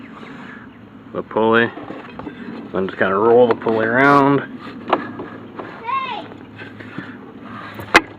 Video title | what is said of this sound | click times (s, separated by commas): ATV belt change | we go snapped into place see | 8.0 s